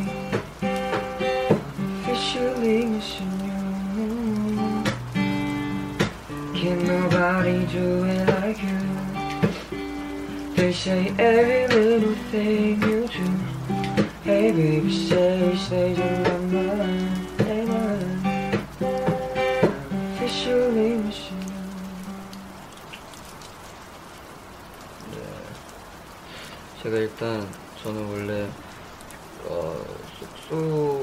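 Someone plays guitar and sings while it rains, strumming chords that change every second or so for the first twenty seconds. Around 22 seconds the playing falls away, leaving quieter, scattered sung phrases. A steady patter of rain hisses underneath throughout.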